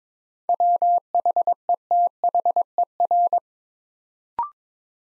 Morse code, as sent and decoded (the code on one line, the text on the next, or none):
.-- .... . - .... . .-.
WHETHER